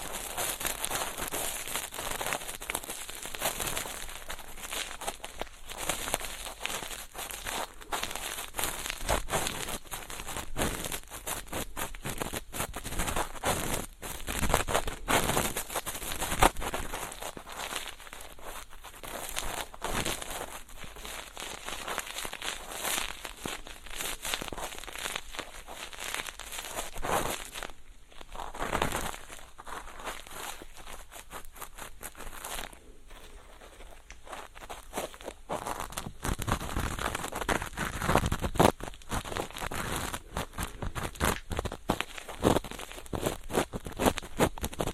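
A feather pick brushes and scratches in dense, rapid crinkling strokes throughout, with brief pauses near 28 and 33 seconds and louder bursts later.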